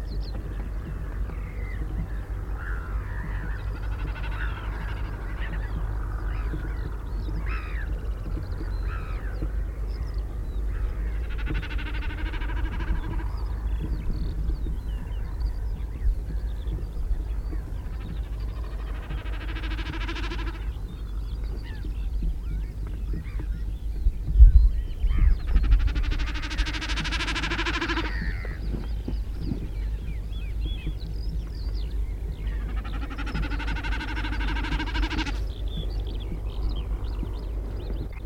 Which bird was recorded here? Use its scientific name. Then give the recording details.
Gallinago gallinago. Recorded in the wild. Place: Landow, Insel Rügen, Mecklenburg-Vorpommern, DE. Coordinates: 54.408, 13.265. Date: 1970-05-03. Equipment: Nagra III BH, Sennheiser MD 21, parabola. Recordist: Schubert, Michael